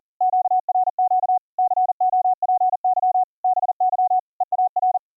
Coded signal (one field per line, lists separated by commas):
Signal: Morse code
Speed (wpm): 40 wpm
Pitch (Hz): 740 Hz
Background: none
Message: QRQ COPY BY EAR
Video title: Virtual audio cables for Morse Code audio routing - dropped audio buffers - fix it with Gstreamer